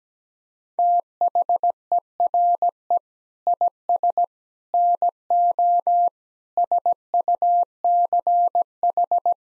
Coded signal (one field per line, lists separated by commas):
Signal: Morse code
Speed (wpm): 17 wpm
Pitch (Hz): 700 Hz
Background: none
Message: THERE IS NO SUCH